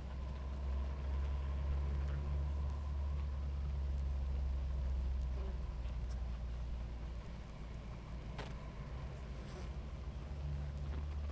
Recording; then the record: honeybee colony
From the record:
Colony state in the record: active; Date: 28 July 2017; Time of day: 18:13